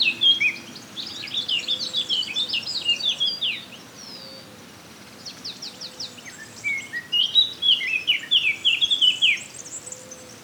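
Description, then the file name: Eurasian blackcap warbling in two bursts of rapid, high, chattering notes separated by a short pause, with a softer phrase in the gap. "Sylvia atricapilla"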